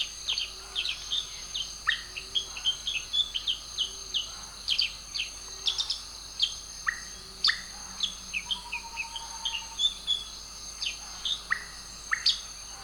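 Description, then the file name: Sooty-headed bulbul giving a busy run of short, sharp, chirpy notes in quick bursts, over a steady high insect drone. "burung cep cep atau cucak kurincang"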